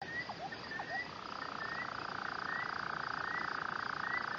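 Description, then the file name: Rufous-cheeked nightjar churr starting after about a second of brief, scattered rising notes, then running as a smooth, even, rapid purring trill to the end. Call recorded on a guest farm at Vredefort. "Caprimulgus rufigena, roep van grondpad, Bellary-gasteplaas, Vredefort"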